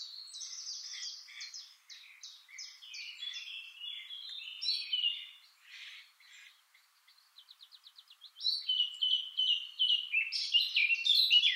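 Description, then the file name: Eurasian blackcap song: a rambling, chattering warble, then a short dry series of rapid ticks, followed by a louder, brighter warbled phrase. "Sylvia atricapilla"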